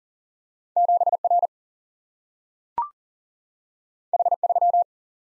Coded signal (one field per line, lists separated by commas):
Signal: Morse code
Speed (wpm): 38 wpm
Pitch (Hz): 700 Hz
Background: none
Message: 7R H3